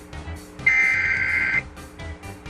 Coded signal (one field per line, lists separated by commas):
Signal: Emergency Alert System (SAME) tones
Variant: header bursts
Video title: Rhode Island zombie eas scenario